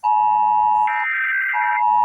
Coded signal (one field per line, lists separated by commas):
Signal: Emergency Alert System (SAME) tones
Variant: header bursts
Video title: Wednesday November 12 Emergency Alert System 9:30 PM